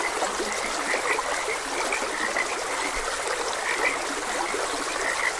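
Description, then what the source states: Frogs give short croaks in an overlapping chorus, heard against the continuous hiss and trickle of a stream. Frogs croaking beside a gentle stream.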